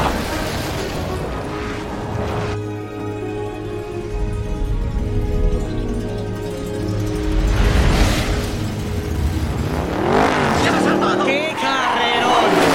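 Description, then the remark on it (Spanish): Race car engines roar and whine steadily in a race from the animated Cars films, dubbed in Spanish, broken by harsh bursts of tires skidding and squealing as Jiggy and the King skid and McQueen cuts inside on the last four curves, with an excited voice talking over the din. “¡Jiggy y el rey derrapan!”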